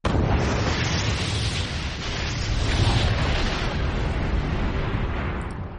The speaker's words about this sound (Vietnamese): lập tức bộc phát ra tiếng nổ kinh thiên động địa. Tiếng nổ vang vọng khắp trời